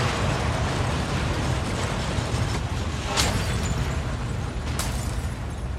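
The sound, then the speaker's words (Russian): During an earthquake, a steady, loud rumbling roar fills the scene while objects and dishes crash down onto a table, drawers open and a glass falls to the floor, with two sharp bright impacts cutting through the din. No one speaks. “На стол падают предметы и посуда. Открываются ящики”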